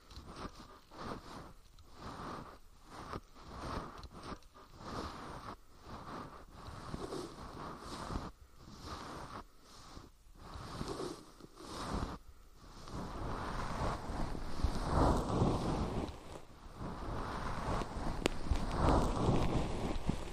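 Fluffy ear cleaning, heard as soft scratchy brushing and rustling that comes in short strokes with brief pauses. After about twelve seconds the strokes run together into a fuller, steadier scrubbing, with deeper muffled swells around fifteen and nineteen seconds.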